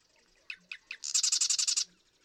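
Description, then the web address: Marsh Wren song: three sharp ticks, then a fast, rattling, buzzy trill of around ten pulses lasting under a second. "birdsongforthecurious Marsh Wren"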